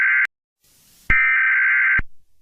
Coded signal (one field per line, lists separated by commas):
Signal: Emergency Alert System (SAME) tones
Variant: header bursts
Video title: EAS Scenario #1 | Gachatubers Invasion Part(e) 1 (leer description)